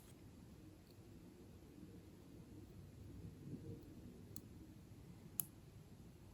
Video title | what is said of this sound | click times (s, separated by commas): IJN Mikasa 1/200 Scale, Pontos & MK1 Design Detail Sets, Part 17 Deck Structures & Details | go so just by bending it back up it's clicked into place | 5.4 s